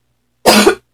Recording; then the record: coughing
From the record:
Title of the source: 61 morning phlegmy cough...again